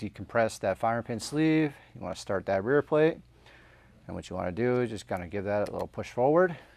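Someone talks while a metal rear plate is started onto the rails at the rear of a pistol slide with the firing pin sleeve held depressed, ready to be pushed forward into its locked position. A faint brief sound occurs around 3.5 s during a pause in the talk, but the plate has not seated or clicked into place yet.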